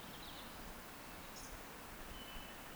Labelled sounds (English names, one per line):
Eurasian Woodcock whistle